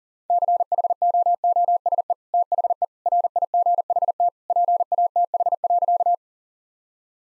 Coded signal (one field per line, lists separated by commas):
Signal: Morse code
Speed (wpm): 40 wpm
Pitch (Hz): 700 Hz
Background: none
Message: CHOOSE THE RIGHT PATH.